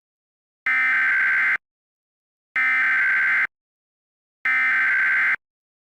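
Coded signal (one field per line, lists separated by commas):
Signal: Emergency Alert System (SAME) tones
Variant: header bursts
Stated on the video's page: Fictional EAS scene, not a real alert.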